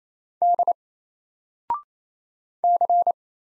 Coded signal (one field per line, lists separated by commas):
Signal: Morse code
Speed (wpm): 27 wpm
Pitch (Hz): 700 Hz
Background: none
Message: D C